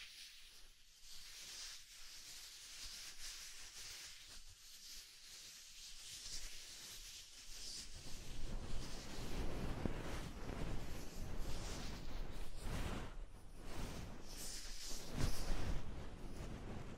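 Soft, fluffy ear-tingle triggers: for the first seven seconds a gentle, airy hiss with light brushing strokes. Around eight seconds the rustling thickens into a fuller, denser scratching that swells in waves, with louder brushes near thirteen and fifteen seconds.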